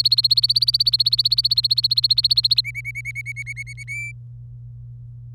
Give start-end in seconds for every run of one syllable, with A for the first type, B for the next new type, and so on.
0.00-2.61 A, 2.64-3.83 B, 3.88-4.12 C